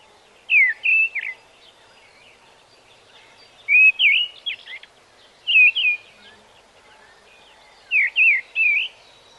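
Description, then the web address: Mistle thrush song: short fluted phrases of two to four rich, slurred notes, given in bursts with pauses of up to about two and a half seconds, over soft steady background hiss. "bbc Bird Song Site Mistle Thrush - Grive"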